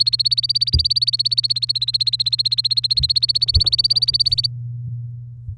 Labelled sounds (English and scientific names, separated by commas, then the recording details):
Domestic Canary (Serinus canaria) song
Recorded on 30 April 2018 at 13:36
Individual llb3